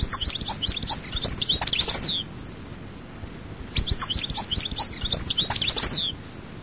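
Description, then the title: European goldfinch singing two sparkling, twittering phrases of rapid high notes, with a short gap between them. "Chant Chardonneret"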